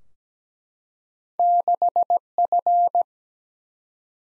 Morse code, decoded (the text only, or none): 6F